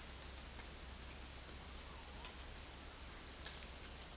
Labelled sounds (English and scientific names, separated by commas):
none